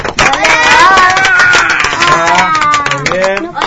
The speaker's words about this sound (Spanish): Bueno, primero que nada vamos a hacer un aplauso para todos los que vinieron acá, acá en el estudio.